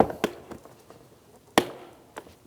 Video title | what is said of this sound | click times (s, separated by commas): How to Replace Driver Side Power Window & Door Lock Switch 2006-2010 Hyundai Sonata | After our audible click, we'll give it a tug. | 1.6 s